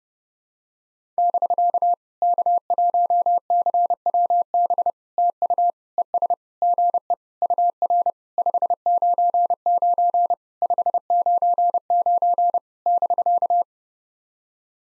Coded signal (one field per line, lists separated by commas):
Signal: Morse code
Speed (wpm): 30 wpm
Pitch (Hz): 700 Hz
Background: none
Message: <BK> K1CWB TU ES GE UR 599 599 <BK>